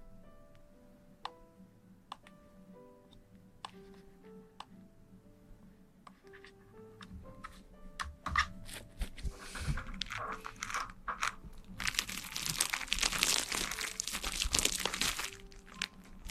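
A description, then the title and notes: Ear cleaning and ear massage sounds begin as soft, sparse ticks and light taps with faint tonal ringing over a low hum. From about eight seconds the rubbing grows denser and louder, turning into bright, crackling crinkles and scratches that peak around twelve to fifteen seconds. ASMR Ear cleaning & Ear massage.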